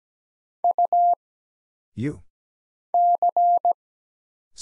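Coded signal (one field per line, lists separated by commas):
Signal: Morse code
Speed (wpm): 17 wpm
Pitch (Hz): 700 Hz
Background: none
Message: U C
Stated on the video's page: Morse practice of single characters (letters, numbers, punctuation, prosigns) at 17 wpm for instant character recognition.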